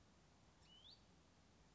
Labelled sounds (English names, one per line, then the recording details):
Hutton's Vireo
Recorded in Sonoma County, California